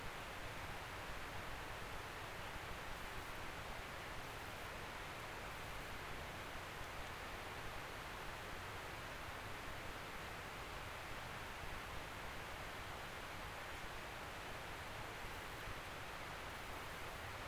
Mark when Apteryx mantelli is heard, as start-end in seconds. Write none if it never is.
none